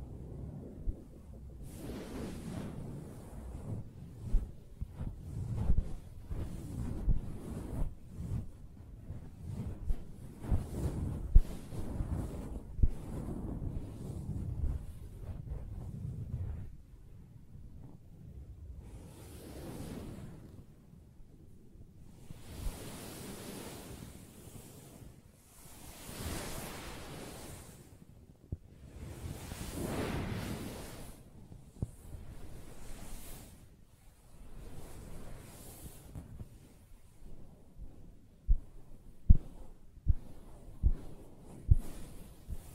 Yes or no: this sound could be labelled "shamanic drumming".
no